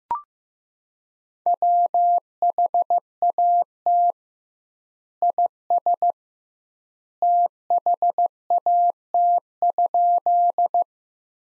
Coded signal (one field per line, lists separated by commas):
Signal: Morse code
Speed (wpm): 15 wpm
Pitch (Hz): 700 Hz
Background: none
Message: WHAT IS THAT?